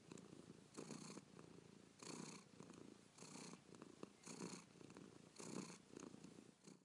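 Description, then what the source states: Cat purring, a soft rough rumble that pulses steadily in and out about once a second, with no meows. Norwegian cat.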